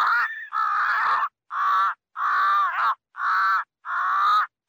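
Crow calling with long, hoarse caws, one after another with brief pauses.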